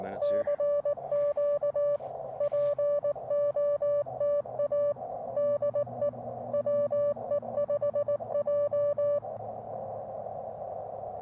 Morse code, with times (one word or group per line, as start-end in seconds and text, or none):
0.2-2.0 CQ
2.4-4.9 POTA
5.4-6.1 DE
6.5-9.2 WE5J